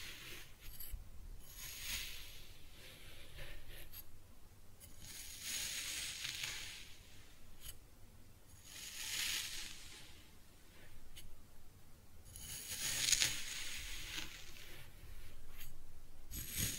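Kinetic sand being cut and scooped, heard as soft, hissy rasping strokes that swell and fade in bursts every few seconds. The scraping is bright and grainy, with quieter pauses between strokes and a low, faint rumble underneath throughout.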